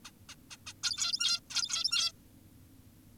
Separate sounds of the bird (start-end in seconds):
0.05-0.11, 0.29-0.35, 0.51-0.57, 0.67-0.73, 0.84-1.40, 1.50-2.12